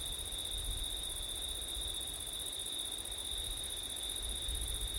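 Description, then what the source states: Crickets give a continuous high-pitched trill at two shrill pitches, with a soft low rumble of wind beneath. Crickets on a September night in wind, recorded with an ORTF stereo setup.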